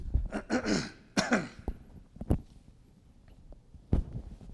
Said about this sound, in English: As the church, excuse me, the focus of where the church is, I'm going to cough again, excuse me.